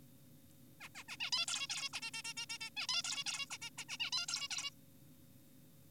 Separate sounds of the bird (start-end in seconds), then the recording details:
0.81-0.89, 0.95-1.04, 1.08-1.17, 1.20-1.31, 1.32-1.46, 1.48-1.67, 1.70-1.89, 1.93-2.00, 2.02-2.11, 2.14-2.22, 2.25-2.34, 2.37-2.46, 2.50-2.58, 2.61-2.70, 2.77-2.87, 2.89-3.02, 3.04-3.24, 3.26-3.46, 3.51-3.58, 3.62-3.70, 3.78-3.84, 3.89-3.97, 4.00-4.11, 4.12-4.26, 4.28-4.48, 4.51-4.70. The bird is an adult. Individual g4p5U